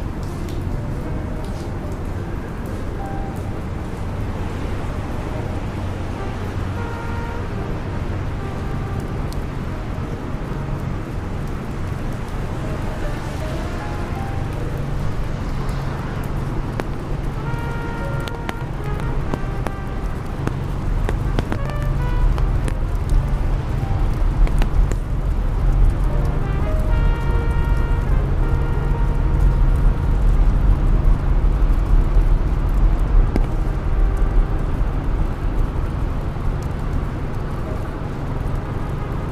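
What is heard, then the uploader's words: A rainy New York street with a steady low traffic rumble that swells louder midway, crossed by brief whining tones and faint voices. Raining Day In New York.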